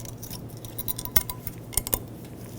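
A metal brake pad abutment clip is pressed onto the other side of the caliper bracket of a 2015-2020 GMC Yukon's rear brakes until it sits flush. Several metallic clinks are heard, with the sharpest at 1.2 s and 1.9 s, over a low steady hum, and the clip seats.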